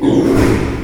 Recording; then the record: squeal of a Yucatan mini pig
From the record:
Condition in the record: before surgery on the right vocal fold (resection and tissue-engineered implant); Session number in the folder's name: 1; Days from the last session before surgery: -3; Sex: male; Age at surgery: 12 weeks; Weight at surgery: 13 kg